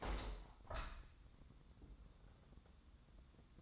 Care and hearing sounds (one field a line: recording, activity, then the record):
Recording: daily activity, microphone in the room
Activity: open window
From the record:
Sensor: 3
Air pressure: 1000.4 hPa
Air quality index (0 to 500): 135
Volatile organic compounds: 2 ppm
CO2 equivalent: 1178 ppm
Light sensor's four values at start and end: 13/36/14/15 and 14/37/15/16